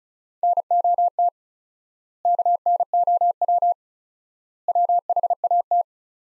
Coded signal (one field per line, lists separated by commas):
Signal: Morse code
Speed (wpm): 36 wpm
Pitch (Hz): 700 Hz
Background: none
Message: NOT KNOW WHAT